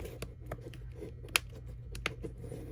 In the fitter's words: Unclip the back. You're gonna hear a click,